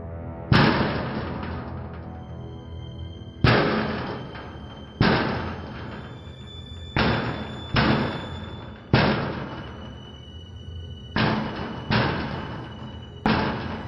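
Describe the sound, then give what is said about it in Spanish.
Heavy, loud knocks on a wooden back door in the early hours of the morning, about eight blows in uneven clusters of one and two, each thud booming and ringing out briefly before the next. “Volvieron a llamar un poco más fuerte.”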